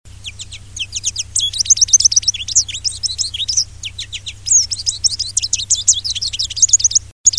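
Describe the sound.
American goldfinch song, a fast, continuous twittering warble of high notes, nearly unbroken for seven seconds, with a low steady hum underneath.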